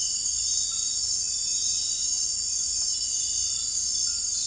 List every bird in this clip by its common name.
none